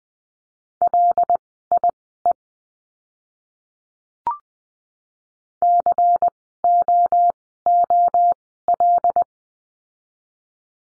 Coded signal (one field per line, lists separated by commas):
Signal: Morse code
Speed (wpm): 20 wpm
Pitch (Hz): 700 Hz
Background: none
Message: LIE COOL